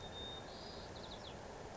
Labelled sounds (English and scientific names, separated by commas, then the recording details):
White-crowned Sparrow (Zonotrichia leucophrys)
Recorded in Sonoma County, California